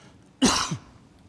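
A single harsh, breathy cough burst of about 0.4 seconds ends in a brief throaty tail, with quiet room noise before and after. It is an adult deliberately imitating the reflex cough of someone walking into a room saturated with cigarette or cigar smoke.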